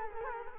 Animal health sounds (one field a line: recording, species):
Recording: mosquito wingbeat signal from an infrared sensor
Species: Culex quinquefasciatus